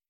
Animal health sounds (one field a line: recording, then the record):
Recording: hydrophone in a shrimp aquaculture tank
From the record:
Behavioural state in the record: feeding